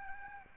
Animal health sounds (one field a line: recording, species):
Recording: mosquito wingbeat signal from an infrared sensor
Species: Aedes albopictus